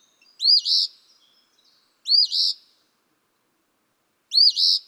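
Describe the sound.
Eastern Phoebe delivering three raspy fee-bee phrases, the first two close together and the third after a longer pause.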